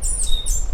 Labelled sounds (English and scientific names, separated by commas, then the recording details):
Stitchbird (Notiomystis cincta) song
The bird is a male
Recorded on Tiritiri Matangi Island, New Zealand, in 2005
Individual 2, of nest box 2